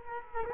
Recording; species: mosquito wingbeat signal from an infrared sensor; Culex quinquefasciatus